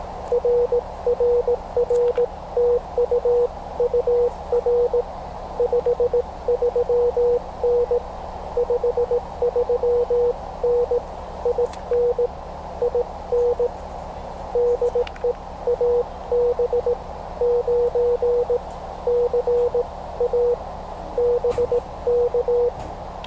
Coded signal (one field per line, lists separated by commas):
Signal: Morse code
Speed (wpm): 18 wpm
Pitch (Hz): 480 Hz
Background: none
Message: RRR TU UR 53N 53N IN IN DE AB9CA BK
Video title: Morse Code (CW) Copying Practice - POTA at Biscayne National Park with YL #KQ3Q